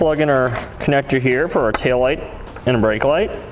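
Someone talks while handling the plastic tail and brake light connector for a 2016 Dodge Journey, about to plug it into the socket of the reinstalled driver side taillight assembly. Nothing has seated or clicked yet; only speech is heard.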